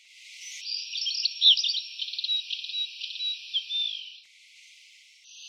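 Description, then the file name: Blue-and-white flycatcher delivering a continuous, varied warble of high whistles, trills and slurred notes lasting several seconds, over a faint background hiss. "sikatanbiruputih omkicau"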